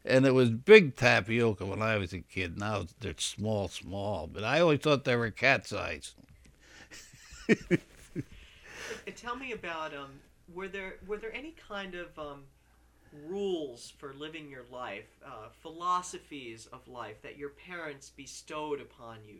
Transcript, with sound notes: And it was big tapioca when I was a kid. Now they're small, small. But I always thought they were cat's eyes. (he laughs)
Tell me about, were there, were there any kind of rules for living your life, philosophies of life that your parents bestowed upon you?